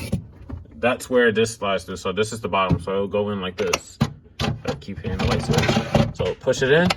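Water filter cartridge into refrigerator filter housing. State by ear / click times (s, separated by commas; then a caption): not seated / none. A Frigidaire PurePour water filter cartridge is lined up with the groove in the refrigerator filter housing and turned the right way before being pushed in, while someone talks and faint handling taps are heard near the start. The filter has not seated or clicked yet.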